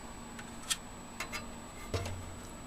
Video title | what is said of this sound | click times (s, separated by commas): How to replace dead CMOS battery and configure BIOS settings | just snaps right in place | 1.2 s